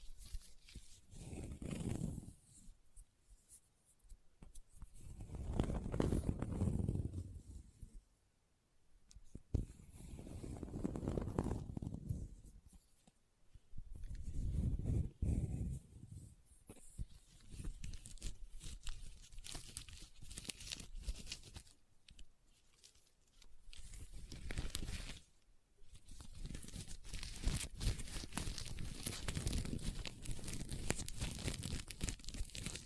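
Leather is scratched and tapped in uneven bursts, with rough, dense scraping that swells and fades in waves around 5–8, 10–13 and 14–16 seconds. Short crisp taps and crinkly rustles fill the gaps, and near-continuous scratching takes over from about 26 seconds.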